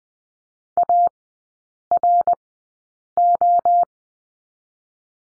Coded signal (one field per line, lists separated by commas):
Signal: Morse code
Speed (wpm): 20 wpm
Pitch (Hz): 700 Hz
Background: none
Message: ARO